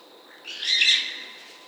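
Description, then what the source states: Raccoon call: a single short, breathy, hissing screech that swells and fades in under a second, over faint background hiss. Recorded 18 October 2010.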